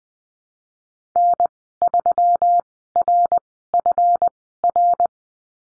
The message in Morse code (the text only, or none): N3RFR